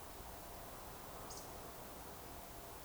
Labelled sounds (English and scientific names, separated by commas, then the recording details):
Eurasian Woodcock (Scolopax rusticola) whistle
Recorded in Baden-Württemberg, Germany, on 15 June 2020 at 02:18 UTC
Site 43791, 788 m above sea level